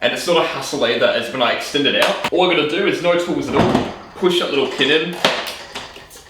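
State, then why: Seated. A DeWalt 18V split shaft line trimmer's two shaft halves are pushed together by hand with no tools while the release pin is pressed in, and someone talks throughout. The shaft is wiggled until the split shaft coupling clicks into place at 5.8 s, seated and locked.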